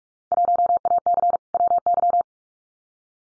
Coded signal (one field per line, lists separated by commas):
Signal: Morse code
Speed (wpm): 46 wpm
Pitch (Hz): 700 Hz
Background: none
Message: 1AC WY